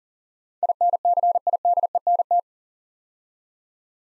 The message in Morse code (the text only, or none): INCIDENT